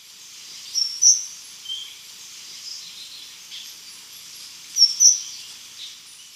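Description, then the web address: Choco Warbler calls: very high, sharp paired chips, repeated about four seconds later, with faint high twitters in the quiet background. Recorded in Ecuador. "Natures Songs S America Birds of Ecuador Choco Warbler"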